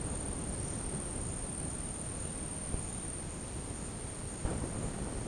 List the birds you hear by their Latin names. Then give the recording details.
none. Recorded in dense forest near Puerto Asís, Putumayo, Colombia, on 20 February 2024 at 10:30. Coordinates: 0.486, -76.316. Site G6437